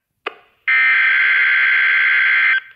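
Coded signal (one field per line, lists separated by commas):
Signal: Emergency Alert System (SAME) tones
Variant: header bursts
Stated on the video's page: Tornado Watch received on an Oregon Scientific WR602 NOAA weather radio.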